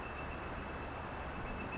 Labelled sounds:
Northern Flicker (Colaptes auratus)
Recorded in Sonoma County, California

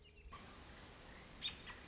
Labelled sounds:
American Robin (Turdus migratorius)
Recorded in Sonoma County, California

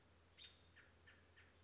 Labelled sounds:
American Robin (Turdus migratorius)
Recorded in Sonoma County, California

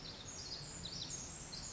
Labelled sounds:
Pacific Wren (Troglodytes pacificus)
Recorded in Sonoma County, California

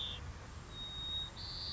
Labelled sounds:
White-crowned Sparrow (Zonotrichia leucophrys)
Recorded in Sonoma County, California

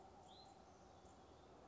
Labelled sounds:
Hutton's Vireo (Vireo huttoni)
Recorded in Sonoma County, California

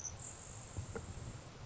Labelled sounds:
Grasshopper Sparrow (Ammodramus savannarum)
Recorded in Sonoma County, California

